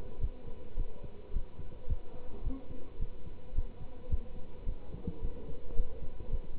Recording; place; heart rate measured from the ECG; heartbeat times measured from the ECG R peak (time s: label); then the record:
heart sounds by stethoscope; between the tricuspid and mitral areas; 108 bpm
0.19 s: heartbeat
0.75 s: heartbeat
1.31 s: heartbeat
1.86 s: heartbeat
2.42 s: heartbeat
2.98 s: heartbeat
3.53 s: heartbeat
4.08 s: heartbeat
4.64 s: heartbeat
5.20 s: heartbeat
5.75 s: heartbeat
6.29 s: heartbeat
From the record:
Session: pedaling a stationary bicycle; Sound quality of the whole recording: good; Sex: male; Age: 27 years